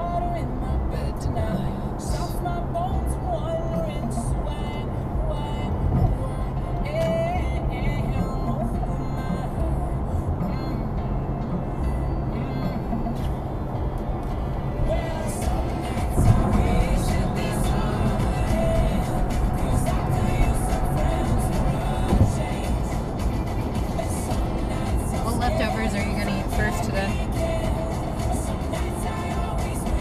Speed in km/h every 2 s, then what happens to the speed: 100, 101, 101, 101, 100, 98, 98, 98, 98, 100, 103, 103, 103, 103, 103.
0-30 steady at about 101.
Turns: none.